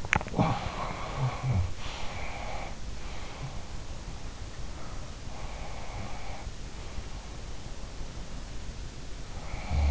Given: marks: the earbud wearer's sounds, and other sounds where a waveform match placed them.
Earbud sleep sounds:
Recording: sounds in sleep by an in-ear microphone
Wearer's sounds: teeth grinding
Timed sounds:
0.00-0.30 s: teeth grinding
0.07-2.83 s: sound from someone else or the room
2.98-5.22 s: sound from someone else or the room
5.30-8.42 s: sound from someone else or the room

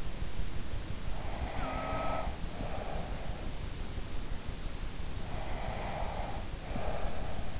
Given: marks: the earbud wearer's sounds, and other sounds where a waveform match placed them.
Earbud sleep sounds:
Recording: sounds in sleep by an in-ear microphone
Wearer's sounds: snoring breath, breath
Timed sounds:
1.30-3.26 s: snoring breath
5.37-7.53 s: breath

